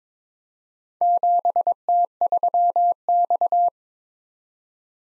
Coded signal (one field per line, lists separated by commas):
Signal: Morse code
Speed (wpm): 22 wpm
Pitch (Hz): 700 Hz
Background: none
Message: 7T3X